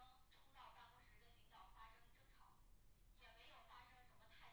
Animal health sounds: poultry house recording; no chicken sound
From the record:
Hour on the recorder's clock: 10

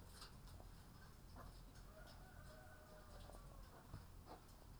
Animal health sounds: poultry house recording; sick chickens (respiratory disease)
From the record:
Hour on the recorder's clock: 10

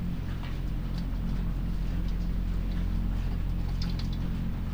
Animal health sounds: poultry house recording; sick chickens (respiratory disease)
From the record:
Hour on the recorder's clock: 23

